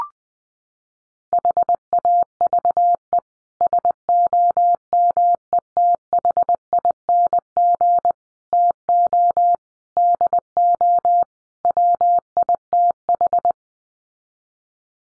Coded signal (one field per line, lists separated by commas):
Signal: Morse code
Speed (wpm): 20 wpm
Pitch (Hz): 700 Hz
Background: none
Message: HAVE SOMETHING TO DO WITH